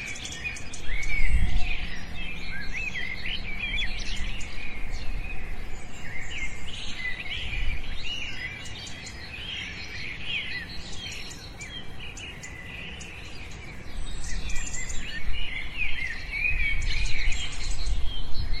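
Birds call and chirp in a forest, a busy tangle of overlapping bright, quick songs that never lets up. A low rumbling wind noise sits underneath throughout, with a couple of louder swells near the start and toward the end.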